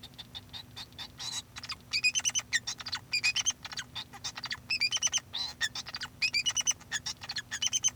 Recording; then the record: song of a male Bengalese finch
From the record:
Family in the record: son of father 2